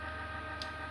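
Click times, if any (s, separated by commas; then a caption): 0.6 s. A plastic panel on a robot toy, found not fully in place while transforming it, is pushed home into the robot body. A single short tick-like click sounds at 0.6 s over a steady background hum, and the panel is seated.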